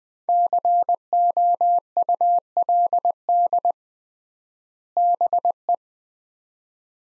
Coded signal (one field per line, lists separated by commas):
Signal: Morse code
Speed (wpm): 20 wpm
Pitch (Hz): 700 Hz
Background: none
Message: COULD BE